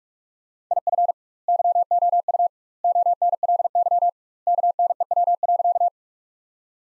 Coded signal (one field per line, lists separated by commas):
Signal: Morse code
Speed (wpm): 43 wpm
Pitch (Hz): 700 Hz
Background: none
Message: IF YOU ONLY KNEW.